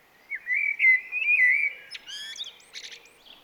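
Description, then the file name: Eurasian blackbird song: a rich, mellow whistled phrase with smooth slurs, ending in a high, squeaky twittering flourish. "Turdus merula"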